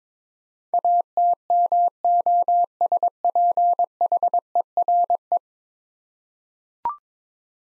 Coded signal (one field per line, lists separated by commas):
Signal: Morse code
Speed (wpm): 22 wpm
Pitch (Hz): 700 Hz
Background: none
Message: ATMOSPHERE